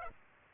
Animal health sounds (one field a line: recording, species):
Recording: mosquito wingbeat signal from an infrared sensor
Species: Aedes aegypti